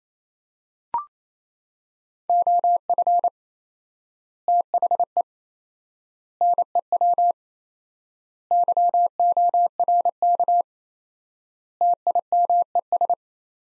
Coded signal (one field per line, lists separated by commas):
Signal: Morse code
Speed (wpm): 27 wpm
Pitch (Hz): 700 Hz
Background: none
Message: OF THE NEW YORK TIMES